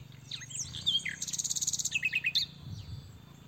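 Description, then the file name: Common nightingale song: a fast phrase of repeated high, metallic notes followed by lower rapid pips, with a low steady hum beneath. "Luscinia megarhynchos"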